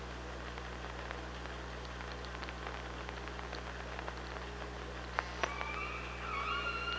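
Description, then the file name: Killer whale call: near the end, a drawn-out, slightly rising harmonic tone follows sharp clicks, over a constant low hum. Recorded with an OrcaLab hydrophone on 24 August 2017 at 05:31:26. "Orca Lab 20170824"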